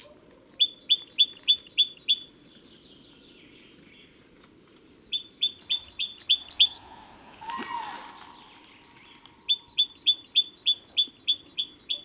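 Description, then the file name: Great tit delivering three bursts of rapid high-low two-note phrases, separated by pauses; a brief rustling noise sounds between the second and third bursts. "Parus major"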